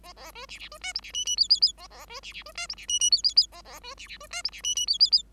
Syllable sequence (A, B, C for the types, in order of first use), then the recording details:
A A B C C B D E C F F G G G A A B C C B D E C F F G G G A A B C C B D E C F F G G G. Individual Bird5